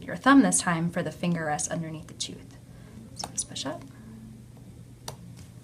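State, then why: Released. Someone talks as an opening tool is placed in the hole of a lower Carriere SLX self-ligating orthodontic bracket bonded to a tooth, and the small metal door is pushed up with the pointer finger. The door snaps open with a sharp double-click at 5.1 s and 5.4 s, releasing it.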